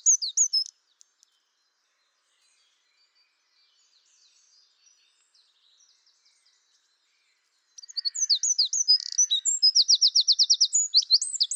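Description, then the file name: Eurasian wren song: a brief high twitter, a long near-silent gap with faint chips, then a loud rapid song of sweet notes and a fast, even trill. "Troglodytes troglodytes"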